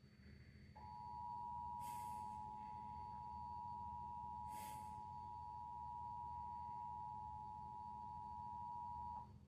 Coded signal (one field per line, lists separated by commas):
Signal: Emergency Alert System (SAME) tones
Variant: 853 and 960 Hz attention tone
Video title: translator 9 #eas alert footage 1 archive #shorts phase 1 surveillance #greyzone #warning